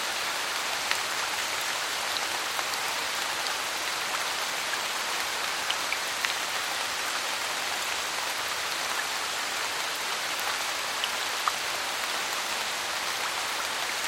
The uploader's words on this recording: Light Rain On Lily Lake. Enjoy 8 hours of a light rain on a lily-covered lake.